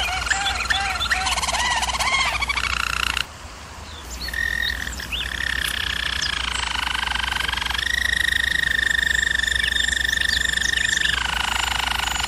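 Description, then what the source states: German Roller canary song: quick looping notes open, a short pause, then long rolled trills held at steady pitches, stepping lower near the end over a low hum. Singing used for canary training.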